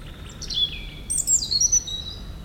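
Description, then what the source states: European robin song, thin high whistled notes sliding and warbling, short phrases with brief pauses, over a low steady rumble. Singing in the huge Meerdaalbos forest at Oud-Heverlee, Belgium, with planes taking off.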